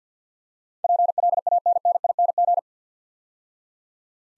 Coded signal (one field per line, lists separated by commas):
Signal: Morse code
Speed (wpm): 48 wpm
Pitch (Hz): 700 Hz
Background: none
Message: PLANNING